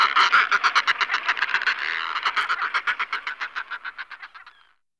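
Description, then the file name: Northern fulmar producing a guttural chattering cackle of rapid harsh pulses that gradually soften before stopping near the end. "Burnak ledni Fulmarus glacialis"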